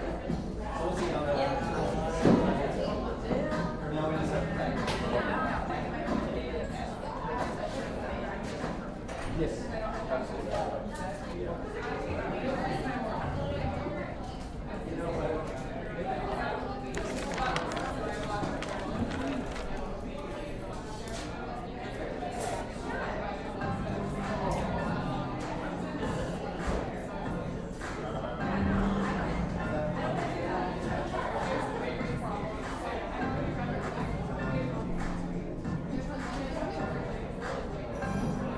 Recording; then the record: background sound without coughing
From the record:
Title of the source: 60 minutes of coffee shop sounds for study and concentration